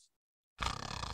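After a brief silence, a rough, rattling, low-pitched noise with a fast flutter starts abruptly and lasts about half a second. It is a deliberately imitated snore made by an adult, mimicking the vibration of the soft tissues of the throat during sleep.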